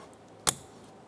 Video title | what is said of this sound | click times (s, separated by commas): How to Replace Front Power Window Motor & Regulator Assemblies 2004-2009 Mazda 3 | Hear the click. | 0.5 s